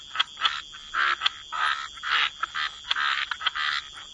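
Frog chorus of rasping croaks in uneven, overlapping bursts, with a constant thin high tone in the background.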